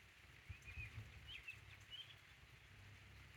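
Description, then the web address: Bird calls, a few brief high sliding notes over constant rain noise with low rumbling. "codly ambient-or-nature birds in the rain"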